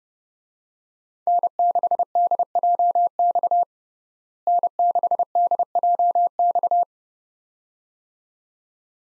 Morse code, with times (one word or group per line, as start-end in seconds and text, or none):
1.3-3.6 N6DJX
4.5-6.8 N6DJX